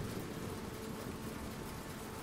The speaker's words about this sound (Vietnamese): Thế là bóng đêm bao trùm cả con sông và mọi vật. Chỉ còn tiếng sóng đánh rì rầm và mưa rơi, tạo nên một bản nhạc đầy ma mị.